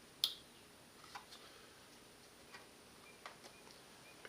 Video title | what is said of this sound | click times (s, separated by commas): 3DR Solo UpGrades!! M8N GPS and Antenna Shield!! PT 1 | Plug it back in. Remember, only one way. Make sure you hear the snap. | 0.2 s